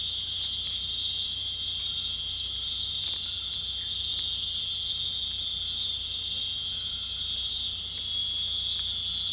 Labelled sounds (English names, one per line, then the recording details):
none
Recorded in dense forest near Puerto Asís, Putumayo, Colombia, on 21 March 2025 at 19:00
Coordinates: 0.484, -76.317
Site G064